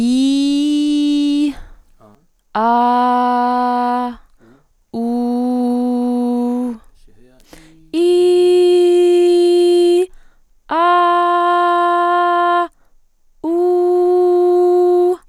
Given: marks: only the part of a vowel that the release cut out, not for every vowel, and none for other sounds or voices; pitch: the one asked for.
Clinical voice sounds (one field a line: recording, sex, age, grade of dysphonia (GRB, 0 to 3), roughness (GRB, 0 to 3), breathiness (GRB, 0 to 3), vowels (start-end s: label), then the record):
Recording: sustained vowels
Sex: female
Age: 20 to 29 years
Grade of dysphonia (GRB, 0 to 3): 0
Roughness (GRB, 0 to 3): 0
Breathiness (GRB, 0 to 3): 0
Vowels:
0.00-1.43 s: vowel /i/, normal pitch
2.61-4.03 s: vowel /a/, normal pitch
5.01-6.67 s: vowel /u/, normal pitch
8.73-9.96 s: vowel /i/, high pitch
10.79-12.57 s: vowel /a/, high pitch
13.49-15.06 s: vowel /u/, high pitch
From the record:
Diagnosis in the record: healthy voice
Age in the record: 23 years